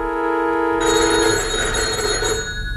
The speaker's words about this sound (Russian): Меня разбудил телефонный звонок. Я проспал. Насколько я мог понять, звонил мистер Фернандес.